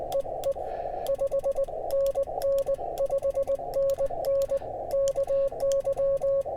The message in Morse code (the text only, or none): EE 5NN 5NN KY